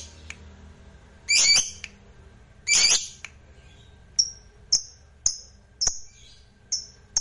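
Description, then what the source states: Lovebird with two long harsh squawks, followed by a series of short, high, sharp whistled chirps. Fighter lovebird singing energetically (gacor).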